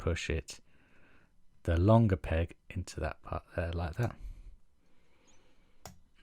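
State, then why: Seated. Someone talks while pushing the longer peg of a plastic gyro cone part into its hole on a model's interior molding. A short, sharp click is heard at 5.9 s as the part clicks into place and sits fairly sturdy.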